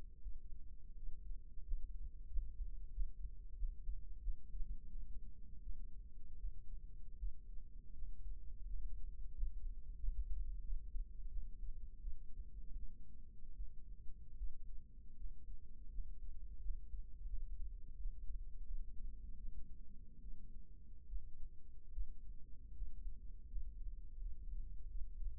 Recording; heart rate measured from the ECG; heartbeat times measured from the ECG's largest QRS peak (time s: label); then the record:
heart sounds by microphone in the right ear; 83 bpm
0.23 s: heartbeat
0.97 s: heartbeat
1.66 s: heartbeat
2.31 s: heartbeat
2.94 s: heartbeat
3.57 s: heartbeat
4.22 s: heartbeat
4.90 s: heartbeat
5.63 s: heartbeat
6.40 s: heartbeat
7.19 s: heartbeat
7.95 s: heartbeat
8.67 s: heartbeat
9.35 s: heartbeat
10.00 s: heartbeat
10.65 s: heartbeat
11.31 s: heartbeat
12.00 s: heartbeat
12.76 s: heartbeat
13.56 s: heartbeat
14.37 s: heartbeat
15.17 s: heartbeat
15.92 s: heartbeat
16.62 s: heartbeat
17.30 s: heartbeat
17.97 s: heartbeat
18.66 s: heartbeat
19.40 s: heartbeat
20.21 s: heartbeat
21.08 s: heartbeat
21.93 s: heartbeat
22.74 s: heartbeat
23.49 s: heartbeat
24.20 s: heartbeat
24.89 s: heartbeat
From the record:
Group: healthy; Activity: rest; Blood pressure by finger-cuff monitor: 155/63 mmHg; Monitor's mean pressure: 88 mmHg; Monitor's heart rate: 81 bpm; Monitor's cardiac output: 8.7 L/min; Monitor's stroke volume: 106 mL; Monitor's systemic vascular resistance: 750 dyn s/cm5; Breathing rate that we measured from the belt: 8 breaths a minute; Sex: female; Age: 37 years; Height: 168 cm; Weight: 70 kg